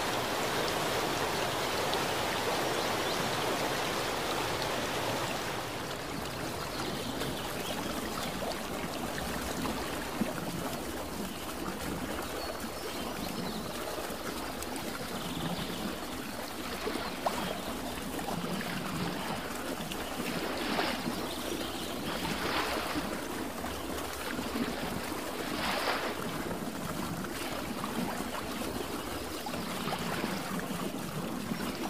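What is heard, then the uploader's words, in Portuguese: Nature sounds with a steady rush of flowing water, like a stream. A brighter, denser wash fills the first five seconds, then settles into a continuous babbling murmur with a rippling low churn. Brief splashy bursts surface around 21, 23 and 26 seconds. Sons da Natureza.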